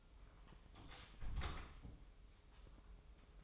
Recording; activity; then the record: daily activity, microphone in the room; close door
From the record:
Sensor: 1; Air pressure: 1005.0 hPa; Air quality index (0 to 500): 87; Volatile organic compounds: 2 ppm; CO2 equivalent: 1184 ppm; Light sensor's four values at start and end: 10/24/9/10 and 10/23/9/10